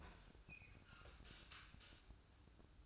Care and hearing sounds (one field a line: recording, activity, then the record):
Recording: daily activity, microphone in the room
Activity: open fridge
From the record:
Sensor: 2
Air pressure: 1007.6 hPa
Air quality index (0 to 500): 61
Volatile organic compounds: 1 ppm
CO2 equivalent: 596 ppm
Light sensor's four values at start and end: 10/22/9/10 and 10/22/9/10